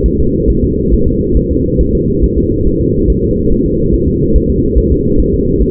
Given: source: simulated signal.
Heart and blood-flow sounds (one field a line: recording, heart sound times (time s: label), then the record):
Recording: fetal heart sounds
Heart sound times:
0.06 s: S1
0.20 s: S2
0.50 s: S1
0.64 s: S2
0.94 s: S1
1.08 s: S2
1.37 s: S1
1.51 s: S2
1.81 s: S1
1.95 s: S2
2.24 s: S1
2.38 s: S2
2.67 s: S1
2.81 s: S2
3.10 s: S1
3.24 s: S2
3.52 s: S1
3.66 s: S2
3.94 s: S1
4.08 s: S2
4.36 s: S1
4.50 s: S2
4.78 s: S1
4.92 s: S2
5.20 s: S1
5.34 s: S2
5.62 s: S1
From the record:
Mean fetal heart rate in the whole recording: 140 bpm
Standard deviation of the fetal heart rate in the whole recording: 2 bpm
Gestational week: 34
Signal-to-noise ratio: -15.3 dB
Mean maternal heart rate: 72 bpm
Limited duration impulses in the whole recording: present